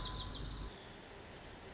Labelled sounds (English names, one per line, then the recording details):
Lazuli Bunting
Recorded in Sonoma County, California